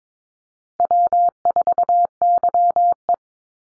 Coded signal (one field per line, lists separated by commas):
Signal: Morse code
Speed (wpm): 22 wpm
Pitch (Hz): 700 Hz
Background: none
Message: W4YE